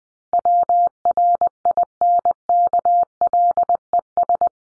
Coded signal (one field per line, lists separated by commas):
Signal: Morse code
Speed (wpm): 20 wpm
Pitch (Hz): 700 Hz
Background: none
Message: WRINKLES